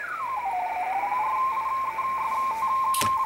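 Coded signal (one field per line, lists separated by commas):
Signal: RTTY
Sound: tone glides down, then rapid warbling between two close pitches, brief click near end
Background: radio static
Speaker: so let's go back to 14080 where I hearing some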